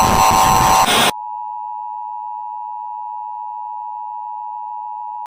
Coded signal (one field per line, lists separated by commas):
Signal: Emergency Alert System (SAME) tones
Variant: 853 and 960 Hz attention tone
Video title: My Reaction US EAS Mock: